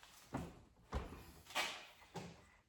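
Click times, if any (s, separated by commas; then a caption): none. Someone presses one side of a trim piece clip into the car body of a 1968 Malibu, with the other side already snapped in, making only small rattling knocks around 0.4, 0.9, 1.6 and 2.2 seconds. The clip has not snapped or seated into place.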